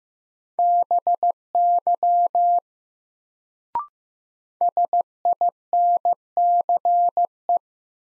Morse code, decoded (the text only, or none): BY SINCE